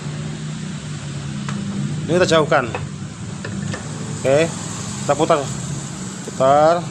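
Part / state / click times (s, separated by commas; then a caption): water pump magnet part into motorcycle water pump housing / not seated / none. A magnet part of a motorcycle water pump, serviced because the pump seal failed and turned the oil milky, is turned by hand toward its seat in the pump housing while someone talks over a low steady hum. Two short sharp ticks are heard at about 1.5 and 3.5 seconds, but nothing has seated or clicked into place yet.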